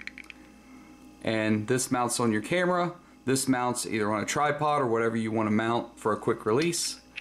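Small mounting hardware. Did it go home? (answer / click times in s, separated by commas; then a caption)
no / none. A camera quick-release plate is handled near a tripod leveling clamp while someone talks, with a few faint clicks at the very start and a sharp tick at 7.2 s. The plate has not been pushed into the clamp yet, and nothing has seated or locked in this clip.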